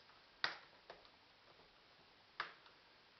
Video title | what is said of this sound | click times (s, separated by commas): Laptop screen replacement / How to replace laptop screen on Lenova S400 model 20195 | you just start pushing the snaps back into place and | 0.4 s, 2.4 s